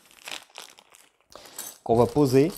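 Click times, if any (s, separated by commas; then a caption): none. A cabinet hinge insert for a kitchen facade is picked up and brought toward its hinge mounting plate, making soft crinkling handling noises with small sharp ticks. Someone talks near the end. Nothing has clipped on yet.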